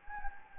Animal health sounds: mosquito wingbeat signal from an infrared sensor; Anopheles gambiae

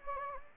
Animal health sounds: mosquito wingbeat signal from an infrared sensor; Anopheles gambiae

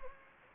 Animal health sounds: mosquito wingbeat signal from an infrared sensor; Anopheles gambiae

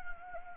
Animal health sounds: mosquito wingbeat signal from an infrared sensor; Anopheles arabiensis

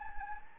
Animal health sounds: mosquito wingbeat signal from an infrared sensor; Anopheles gambiae

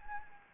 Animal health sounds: mosquito wingbeat signal from an infrared sensor; Anopheles gambiae

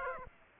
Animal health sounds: mosquito wingbeat signal from an infrared sensor; Aedes aegypti

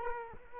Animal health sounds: mosquito wingbeat signal from an infrared sensor; Culex quinquefasciatus

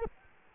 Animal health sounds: mosquito wingbeat signal from an infrared sensor; Culex quinquefasciatus

